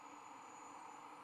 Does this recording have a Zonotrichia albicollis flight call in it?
no